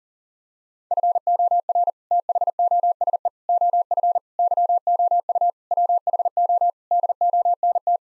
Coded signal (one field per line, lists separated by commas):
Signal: Morse code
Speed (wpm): 40 wpm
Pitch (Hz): 700 Hz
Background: none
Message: FOR THOSE OF YOU WHO DONT